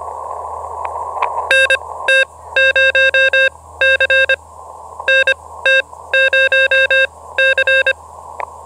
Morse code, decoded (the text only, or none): NT0C NT0C